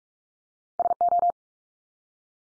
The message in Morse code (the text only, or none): SO